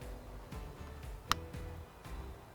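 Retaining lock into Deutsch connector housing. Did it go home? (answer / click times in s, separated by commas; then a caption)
yes / 1.3 s. A retaining lock (wedge) is pushed into a plastic Deutsch connector housing after the wire pins have been inserted. Over a quiet background, a single sharp click sounds at 1.3 s. The lock is seated.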